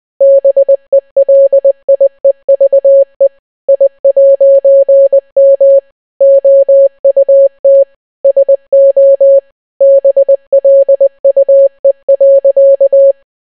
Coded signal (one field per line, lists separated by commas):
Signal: Morse code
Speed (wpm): 20 wpm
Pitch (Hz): 550 Hz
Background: none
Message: BELIEVE I'M OUT SO BLUE.